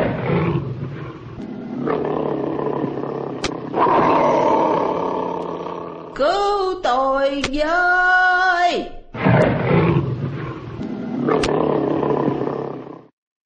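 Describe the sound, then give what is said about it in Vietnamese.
Loud, rough roars rumble in long bursts from a tiger trapped at the bottom of a well, broken midway by a strained, high voice crying out for help. The growling roars then return and fade at the end. “Cọp tuyệt vọng kêu cứu.”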